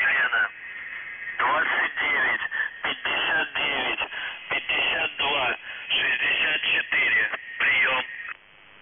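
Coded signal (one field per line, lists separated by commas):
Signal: numbers station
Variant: UVB-76, Russian voice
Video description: Callsign: NZhTI (НЖТИ) Message text: 98 774 SKAZANIYe (СКАЗАНИЕ) 29 59 52 64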